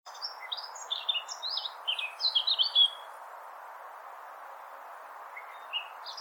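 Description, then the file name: Eurasian blackcap song: a short burst of chattering warbled notes in the first three seconds, then mostly steady hiss with a few faint notes. "Sylvia atricapilla"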